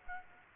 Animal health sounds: mosquito wingbeat signal from an infrared sensor; Aedes aegypti

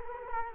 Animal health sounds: mosquito wingbeat signal from an infrared sensor; Culex quinquefasciatus

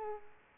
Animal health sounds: mosquito wingbeat signal from an infrared sensor; Culex pipiens

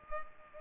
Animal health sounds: mosquito wingbeat signal from an infrared sensor; Culex pipiens

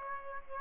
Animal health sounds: mosquito wingbeat signal from an infrared sensor; Aedes aegypti

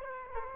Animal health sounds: mosquito wingbeat signal from an infrared sensor; Culex quinquefasciatus

